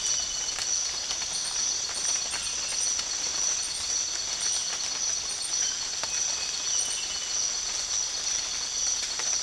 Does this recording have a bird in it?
no